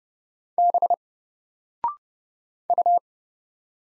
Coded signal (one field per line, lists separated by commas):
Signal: Morse code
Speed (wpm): 30 wpm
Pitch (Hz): 700 Hz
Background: none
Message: B U